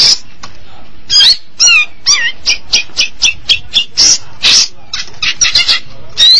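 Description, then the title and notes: Long-tailed Shrike song of varied harsh bursts mixed with short whistled and slurred notes, delivered in quick irregular phrases with brief gaps. Recorded March 2017. "Pentet 201703. Suara burung pentet"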